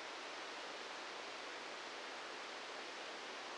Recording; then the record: brain microelectrode recording played as sound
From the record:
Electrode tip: outside the subthalamic nucleus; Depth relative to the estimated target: -3 mm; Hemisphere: right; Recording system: NeuroSet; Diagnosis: Parkinson's disease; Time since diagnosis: 13 years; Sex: male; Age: 63 years